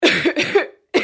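Three quick acted coughs from a 25-year-old woman, the first two run together, the third after a pause.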